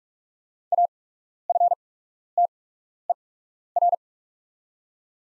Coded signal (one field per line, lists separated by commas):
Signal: Morse code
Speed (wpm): 44 wpm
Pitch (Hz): 700 Hz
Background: none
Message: AFTER